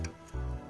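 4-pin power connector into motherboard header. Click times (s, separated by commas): 0.0 s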